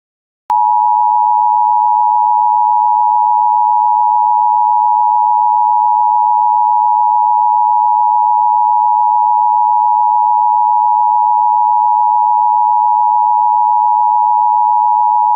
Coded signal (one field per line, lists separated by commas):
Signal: Emergency Alert System (SAME) tones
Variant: 853 and 960 Hz attention tone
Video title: EAS Red Flag Warning (EAS #14)